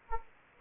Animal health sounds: mosquito wingbeat signal from an infrared sensor; Anopheles gambiae

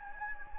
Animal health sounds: mosquito wingbeat signal from an infrared sensor; Anopheles gambiae

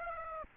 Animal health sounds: mosquito wingbeat signal from an infrared sensor; Aedes aegypti

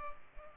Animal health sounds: mosquito wingbeat signal from an infrared sensor; Culex pipiens

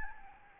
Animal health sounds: mosquito wingbeat signal from an infrared sensor; Aedes albopictus

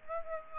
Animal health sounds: mosquito wingbeat signal from an infrared sensor; Aedes aegypti

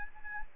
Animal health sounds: mosquito wingbeat signal from an infrared sensor; Anopheles arabiensis

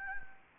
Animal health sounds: mosquito wingbeat signal from an infrared sensor; Anopheles gambiae

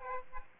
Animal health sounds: mosquito wingbeat signal from an infrared sensor; Aedes aegypti

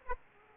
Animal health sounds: mosquito wingbeat signal from an infrared sensor; Aedes aegypti

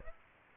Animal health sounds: mosquito wingbeat signal from an infrared sensor; Aedes aegypti

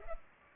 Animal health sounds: mosquito wingbeat signal from an infrared sensor; Culex pipiens

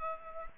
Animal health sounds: mosquito wingbeat signal from an infrared sensor; Culex pipiens

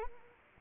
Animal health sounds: mosquito wingbeat signal from an infrared sensor; Anopheles arabiensis

